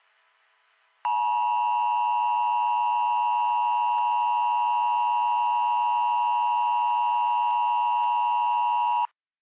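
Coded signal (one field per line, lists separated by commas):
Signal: Emergency Alert System (SAME) tones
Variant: 853 and 960 Hz attention tone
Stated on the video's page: Fictional EAS scenario, a simulated alert.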